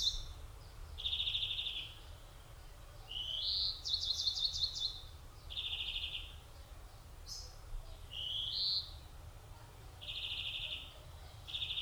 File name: Chloris chloris